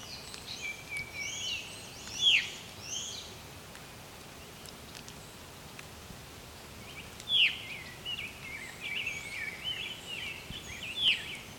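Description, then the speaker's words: Veery giving clear downslurred 'veer' calls, three in all, spaced a few seconds apart, with faint songbird phrases behind them. Veer call, for which the species is named; recorded very close; bird calling energetically, opening its wings as it called. "I don't think I've ever recorded a veery this close before."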